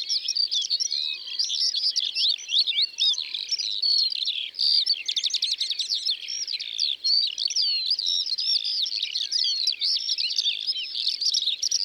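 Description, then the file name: Eurasian skylark song, a continuous high rapid warble of chirps and trills with fast buzzy rattling bursts, unbroken for the whole stretch. Eurasian skylarks recorded in the Drôme, France. "Alouettes des champs Concerts Naturels de la Drome Studio les Trois Becs"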